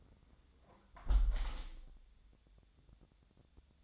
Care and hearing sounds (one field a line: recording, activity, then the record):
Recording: daily activity, microphone in the room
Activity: close window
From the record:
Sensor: 3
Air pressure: 1014.9 hPa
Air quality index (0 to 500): 72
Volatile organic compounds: 2 ppm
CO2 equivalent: 978 ppm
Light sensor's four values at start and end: 9/22/9/9 and 9/22/9/9